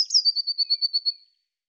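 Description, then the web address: Eurasian blue tit giving a rapid, even series of about nine high, bright notes, fading away at the end. Cleaned and normalized. "Deverinetal"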